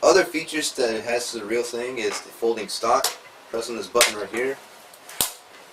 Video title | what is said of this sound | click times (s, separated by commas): AGR Ep.4: Double Eagle M40 [MP40] REVIEW | and it clicks into place pretty nicely uh like I said it's very flimsy | 5.2 s